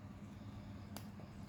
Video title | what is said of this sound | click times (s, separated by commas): PERBAIKI KIPAS AC MINI FAN X.05‼️ KIPAS MINI COOLER @gempurabis9242 | Oke, seperti ini kita dorong sampai bunyi ceklek | 1.0 s